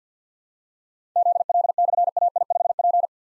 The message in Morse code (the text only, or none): ZL/AI5P